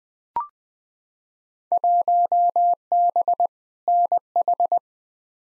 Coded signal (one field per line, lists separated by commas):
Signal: Morse code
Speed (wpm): 20 wpm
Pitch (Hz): 700 Hz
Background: none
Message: 1B NH